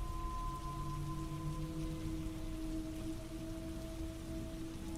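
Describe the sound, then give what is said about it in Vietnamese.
Steady drizzling rain hisses evenly throughout, with a faint constant hum of tones beneath it and no clear rumble of thunder. “Ngoài trời vẫn mưa rả rích kèm theo sấm chớp.”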